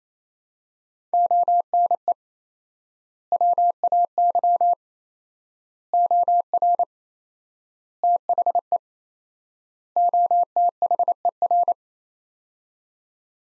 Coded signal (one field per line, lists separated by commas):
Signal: Morse code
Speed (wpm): 27 wpm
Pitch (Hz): 700 Hz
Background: none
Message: ONE WAY OR THE OTHER